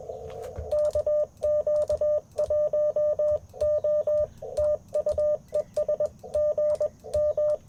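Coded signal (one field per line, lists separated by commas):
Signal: Morse code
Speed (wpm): 21 wpm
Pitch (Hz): 600 Hz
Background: none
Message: KQ1O TU ES GM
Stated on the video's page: Sunrise Parks on the Air CW activation at a national forest, using an Icom IC-705 with a Modern Morse Nameless key and a coil-loaded whip antenna.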